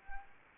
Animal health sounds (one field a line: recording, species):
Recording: mosquito wingbeat signal from an infrared sensor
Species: Anopheles arabiensis